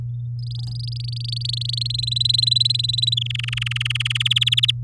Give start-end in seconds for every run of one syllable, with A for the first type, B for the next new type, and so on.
0.39-1.87 A, 1.90-3.15 B, 3.17-4.23 C, 4.25-4.71 D